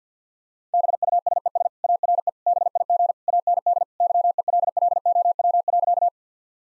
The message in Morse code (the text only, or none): BUSES ARE BIG AND YELLOW.